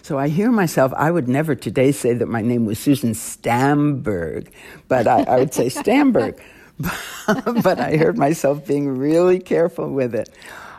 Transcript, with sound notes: So I hear myself - I would never today say that my name was Susan Stamberg. But - I'd say Stamberg.
(LAUGHTER)
But I heard myself being really careful with it.